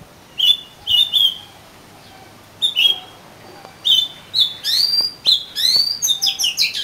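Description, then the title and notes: Oriental magpie-robin song, clear whistled phrases starting with paired notes, then a faster run of varied rising and falling whistles toward the end. "suara kacer. kumpulan suara burung kacer"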